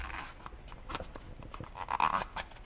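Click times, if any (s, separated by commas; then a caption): none. During an oil change on a BMW 135i E82 with the N54 engine, a new oil filter element is handled and pressed toward the filter housing cap. Light handling noises and a few short, sharp taps are heard near 1.0 s and between 1.9 and 2.2 s. The element has not seated or clicked into the cap yet.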